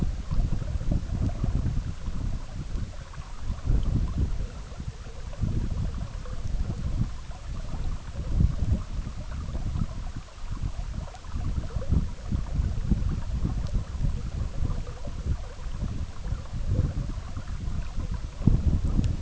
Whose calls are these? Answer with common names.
none